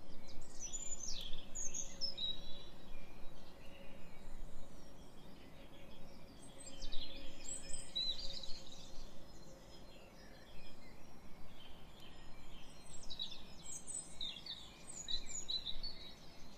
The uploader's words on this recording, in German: Sonnenaufgang. Die Vögel sind schon eine Stunde vorher wach, allerdings im März noch etwas verhalten.